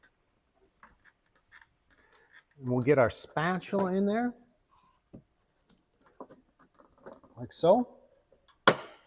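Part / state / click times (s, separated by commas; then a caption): side intake trim retaining clip in car body panel / released / 8.7 s. Someone talks while a plastic pry tool (spatula) is worked behind the side intake trim of a Porsche 718 Base, S or GTS turbo model (also 4.0 models), with faint scrapes and taps. At 8.7 s the upper retaining clip pops out of the car body panel with a sharp, loud click, releasing it.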